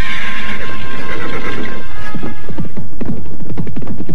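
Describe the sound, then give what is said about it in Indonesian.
A riding horse in a quiet forest whinnies loudly, starting with a high, sustained tonal cry that breaks into a rapid, fluttering series of low, throaty pulses before fading out. “Di tengah hutan yang sepi, hanya burung-burung dan dua ekor kuda tunggangan mereka yang menjadi saksi.”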